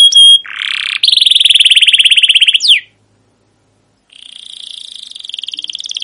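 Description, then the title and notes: Canary song: a noisy burst, then a long rapid pulsing trill, a sharp downslur, a pause, and another rolling trill. Captive canary song used as a lure and master recording to train other canaries; Indonesian 'cuit cuit ngerol' and 'gacor panjang' for the long chirping, rolling style, played to young birds learning sounds. "CUIT CUIT NGEROL GACOR PANJANG Kenari Pancingan KENAR. PANCINGAN Kenari GACOR PANJANG Cuit CUIT EMOSI MASTERAN Kenari PAUD belajar BUNYI. burung kenari"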